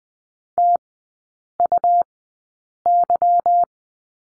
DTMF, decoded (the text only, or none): none